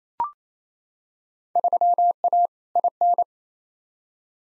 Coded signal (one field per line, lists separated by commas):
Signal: Morse code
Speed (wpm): 28 wpm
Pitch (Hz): 700 Hz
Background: none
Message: 3A IN